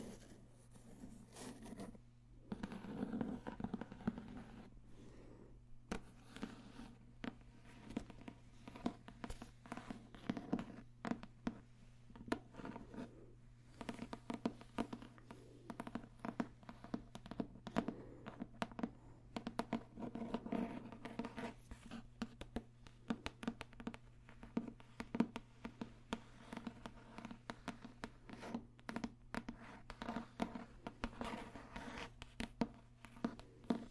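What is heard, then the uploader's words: Dense, quick tapping runs through the whole stretch, sharp little clicks and scratchy touches coming in irregular clusters with brief pauses near two and six seconds. A steady low hum sits underneath the entire time, unchanged while the taps rise and fall. ASMR Extra Tingly Tapping No Talking.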